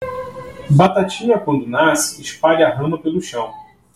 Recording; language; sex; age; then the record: short text; Brazilian Portuguese; male; 30 to 39 years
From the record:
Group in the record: control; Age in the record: 35 years